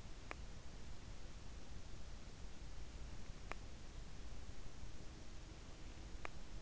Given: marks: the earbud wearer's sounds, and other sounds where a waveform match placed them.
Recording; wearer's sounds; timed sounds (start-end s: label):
sounds in sleep by an in-ear microphone; teeth grinding
0.00-0.47 s: teeth grinding
3.38-3.75 s: teeth grinding
6.07-6.49 s: teeth grinding